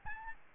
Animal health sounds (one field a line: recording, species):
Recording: mosquito wingbeat signal from an infrared sensor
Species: Aedes albopictus